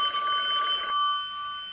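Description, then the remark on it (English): A payphone bell rings in one bright, rapidly trilling burst that lasts under a second, then a thinner steady tone hangs on briefly. There is no talking. “Why isn't that phone ringing?”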